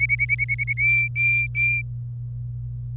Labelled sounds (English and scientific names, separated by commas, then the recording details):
Domestic Canary (Serinus canaria) song
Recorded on 26 April 2018 at 11:48
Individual llb3